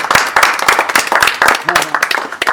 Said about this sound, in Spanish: Bien, realmente, un aplauso. Buen aplauso.